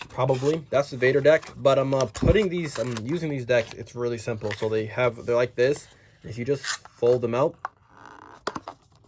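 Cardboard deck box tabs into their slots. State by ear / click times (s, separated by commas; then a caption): seated / 8.5 s. Someone talks while folding out a cardboard deck box from a Star Wars Unlimited 2-player starter and pushing its tabs into their slots. A few faint taps at about 8.1–8.2 seconds lead into a sharp snap at 8.5 seconds, followed by a couple of smaller ticks. The tabs click into place, seated.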